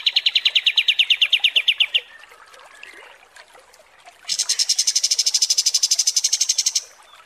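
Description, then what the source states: Kapas tembak: small bird song: two rapid trills, the first lower-pitched for two seconds, then after a pause a higher, brighter trill of about two and a half seconds. Masteran (song tutor) for training songbirds, kapas tembak song.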